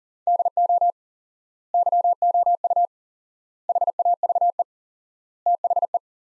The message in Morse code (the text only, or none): DO YOU HAVE THE